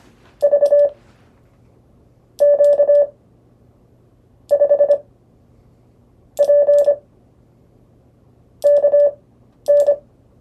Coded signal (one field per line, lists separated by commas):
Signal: Morse code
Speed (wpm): 25 wpm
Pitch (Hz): 580 Hz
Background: none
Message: VQ5P KN